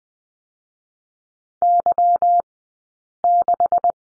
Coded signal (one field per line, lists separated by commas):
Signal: Morse code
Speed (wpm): 20 wpm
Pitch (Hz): 700 Hz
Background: none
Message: Y6